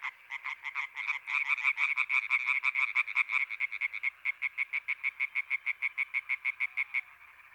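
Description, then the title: European tree frogs croaking together, a dense burst of overlapping calls that settles into one clear, evenly spaced rapid series of nasal pulses. Chorus on 21 May 1993 at a pond in Sologne, France, at night, an hour after dark, with intense calling activity. "Choeur de rainettes en Sologne"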